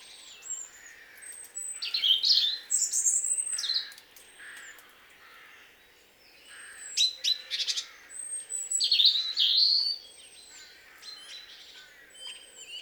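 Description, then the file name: European robin singing, varied phrases of high sliding whistles and dense trilled twitters, each phrase a few seconds long with short gaps between. "Erithacus rubecula"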